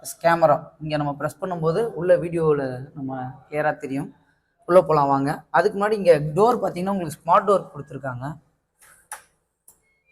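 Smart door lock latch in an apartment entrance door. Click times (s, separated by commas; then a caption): 9.1 s, 9.7 s. Someone talks for about eight seconds, then the smart lock on an apartment's main entrance door is operated. The lock latch engages with two short clicks at 9.1 s and 9.7 s, and the door is locked.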